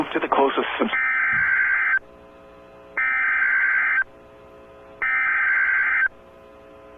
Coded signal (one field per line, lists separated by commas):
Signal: Emergency Alert System (SAME) tones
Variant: header bursts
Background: speech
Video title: DOUBLE HEADER - EAS Alert #192 & 193: PDS Tornado Warning/Tornado Warning (Apr 19, 2023)